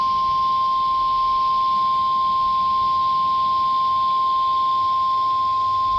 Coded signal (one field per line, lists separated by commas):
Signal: Emergency Alert System (SAME) tones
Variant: 1050 Hz attention tone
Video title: CONVECTIVE CONVECTION.... EAS Alerts from 5/12/26 (New EAS 1,013-1,022)